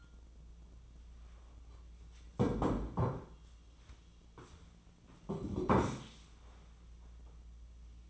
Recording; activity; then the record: daily activity, microphone in the room; sit down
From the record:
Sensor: 1